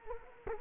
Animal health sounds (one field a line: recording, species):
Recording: mosquito wingbeat signal from an infrared sensor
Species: Culex quinquefasciatus